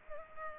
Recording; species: mosquito wingbeat signal from an infrared sensor; Culex pipiens